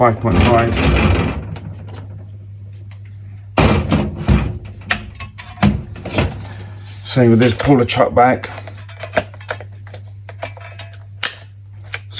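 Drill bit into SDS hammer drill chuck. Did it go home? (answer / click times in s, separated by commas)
yes / 11.2 s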